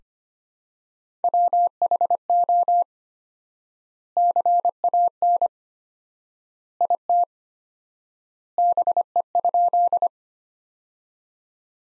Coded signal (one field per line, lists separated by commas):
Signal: Morse code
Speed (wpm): 25 wpm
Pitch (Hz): 700 Hz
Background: none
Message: WHO CAN IT BE?